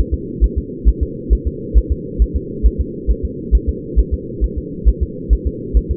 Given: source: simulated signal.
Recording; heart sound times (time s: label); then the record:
fetal heart sounds
0.14 s: S2
0.44 s: S1
0.58 s: S2
0.88 s: S1
1.03 s: S2
1.33 s: S1
1.47 s: S2
1.78 s: S1
1.92 s: S2
2.22 s: S1
2.36 s: S2
2.66 s: S1
2.81 s: S2
3.11 s: S1
3.25 s: S2
3.55 s: S1
3.69 s: S2
3.99 s: S1
4.14 s: S2
4.44 s: S1
4.58 s: S2
4.88 s: S1
5.03 s: S2
5.33 s: S1
5.47 s: S2
5.77 s: S1
5.91 s: S2
From the record:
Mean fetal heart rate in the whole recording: 135 bpm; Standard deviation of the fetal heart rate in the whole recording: 3 bpm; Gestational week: 34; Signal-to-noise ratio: -4.1 dB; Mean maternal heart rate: no maternal heart sound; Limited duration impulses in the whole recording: absent